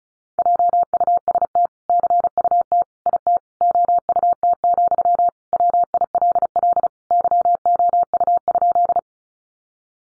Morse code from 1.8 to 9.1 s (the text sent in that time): CUT IT OUT, WILL YOU?